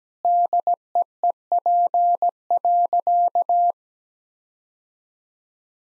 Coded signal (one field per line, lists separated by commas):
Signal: Morse code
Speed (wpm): 17 wpm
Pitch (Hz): 700 Hz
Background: none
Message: DEEP.